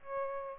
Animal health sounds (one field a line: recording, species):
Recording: mosquito wingbeat signal from an infrared sensor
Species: Aedes albopictus